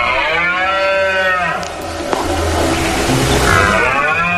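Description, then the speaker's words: Red deer roaring: deep, guttural bellows rich in harmonics, one roar, a noisy pause, then another roar. Iberian red deer males' rutting roar (berrea), made when females are in heat; heard in a castle moat in the city of Jaca, home to a recovery programme of 25 adult deer. "Claro, pero que en Jaca, en una ciudad, se escuche la berrea de los ciervos, que recordamos a la gente, el sonido gutural que hacen los ciervos macho cuando las hembras están en celo. Bueno, pues en Jaca suena así."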